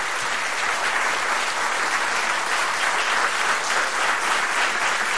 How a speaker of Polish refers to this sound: Gromkie brawa puszczone z taśmy.